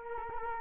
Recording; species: mosquito wingbeat signal from an infrared sensor; Culex quinquefasciatus